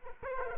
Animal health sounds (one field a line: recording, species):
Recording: mosquito wingbeat signal from an infrared sensor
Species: Culex quinquefasciatus